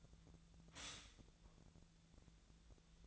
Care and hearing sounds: daily activity, microphone in the room; stop toaster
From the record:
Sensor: 3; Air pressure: 1009.3 hPa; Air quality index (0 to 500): 198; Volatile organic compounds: 16 ppm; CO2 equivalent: 2562 ppm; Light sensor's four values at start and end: 32/80/34/36 and 32/81/34/36

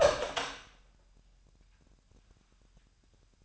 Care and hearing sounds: daily activity, microphone in the room; open door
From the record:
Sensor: 2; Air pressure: 998.3 hPa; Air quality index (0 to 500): 138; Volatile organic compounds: 4 ppm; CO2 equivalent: 1566 ppm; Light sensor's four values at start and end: 12/35/14/14 and 12/35/14/14

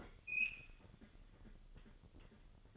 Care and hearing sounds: daily activity, microphone in the room; open fridge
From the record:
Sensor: 4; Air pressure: 1008.6 hPa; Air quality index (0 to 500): 74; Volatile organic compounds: 1 ppm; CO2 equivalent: 631 ppm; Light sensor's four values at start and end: 12/27/11/11 and 11/26/10/11

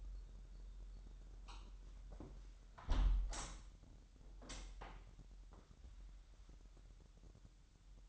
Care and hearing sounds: daily activity, microphone in the room; close window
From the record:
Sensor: 3

